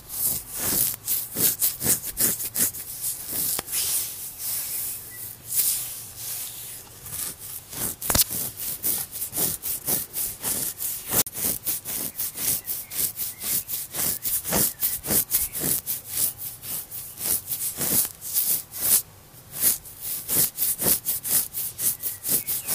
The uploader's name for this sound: Body scratching ASMR with Background sounds